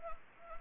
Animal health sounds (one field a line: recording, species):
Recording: mosquito wingbeat signal from an infrared sensor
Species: Anopheles gambiae